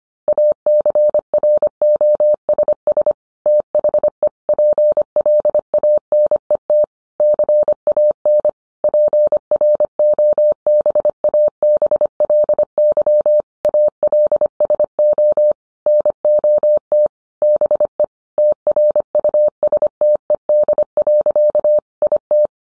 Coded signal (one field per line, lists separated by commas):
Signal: Morse code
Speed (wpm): 25 wpm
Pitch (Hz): 600 Hz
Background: none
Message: ACROSS THE PLANET CAN PROBABLY ALSO NOT BE TRUSTED. IT